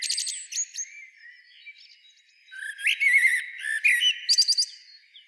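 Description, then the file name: Common blackbird song: mellow fluted whistles mixed with high, squeaky twittering flourishes, in several bursts over a quiet background. "Turdus merula"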